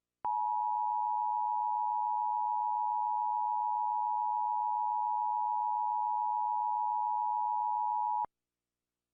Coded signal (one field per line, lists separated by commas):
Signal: Emergency Alert System (SAME) tones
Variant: 853 and 960 Hz attention tone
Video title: Rating EAS alarms PT. 1